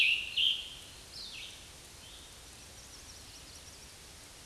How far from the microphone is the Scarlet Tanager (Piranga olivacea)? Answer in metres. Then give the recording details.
about 10 m. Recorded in a Pennsylvania forest on 19 May 2023 at 11:02. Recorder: AudioMoth, point grid1_6_low. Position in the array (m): 189 m, 39 m